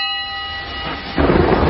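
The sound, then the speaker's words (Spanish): Deep thunder rumbles in over a fading tonal hum, swelling suddenly into a louder, rolling growl toward the end, with no voices. “Soy el tronar de las tormentas.”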